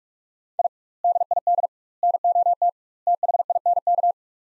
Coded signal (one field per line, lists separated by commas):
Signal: Morse code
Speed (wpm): 46 wpm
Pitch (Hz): 700 Hz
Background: none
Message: I DID NOT THINK